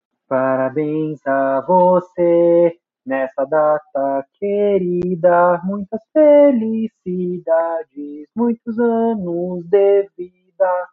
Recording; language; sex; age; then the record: short text; Brazilian Portuguese; male; 20 to 29 years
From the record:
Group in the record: control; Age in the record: 27 years